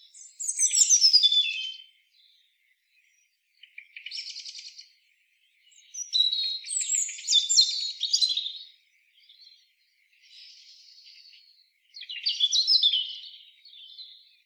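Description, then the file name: European robin song: a series of high, scratchy and tinkling phrases of varying length, broken by short pauses. "Erithacus rubecula"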